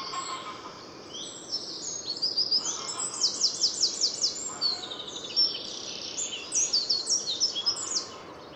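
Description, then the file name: Eurasian wren song, quick high trills and chattering phrases repeated throughout. "Troglodytes troglodytes"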